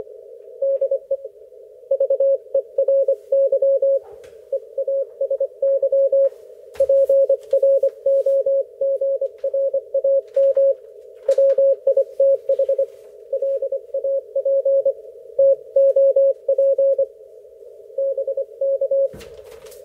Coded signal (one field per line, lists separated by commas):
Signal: Morse code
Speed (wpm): 27 wpm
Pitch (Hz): 530 Hz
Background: none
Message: DE VERY EASY PROGRAM WITH LAPTOP BK